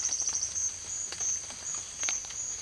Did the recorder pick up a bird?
no